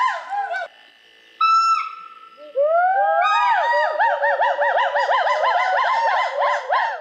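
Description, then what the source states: Skywalker hoolock gibbon song, rising whoops that build into a fast series of rhythmic up-and-down notes. Gaoligong white-browed gibbons singing in chorus overhead in the Gaoligong Mountains; usually call only every 7-8 days; recorded on the crew's second day; monogamous family pair.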